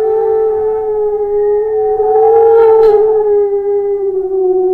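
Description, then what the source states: Loud steady dog howl holding a nearly level pitch, with a short noisy burst partway through. Very large black-furred dog.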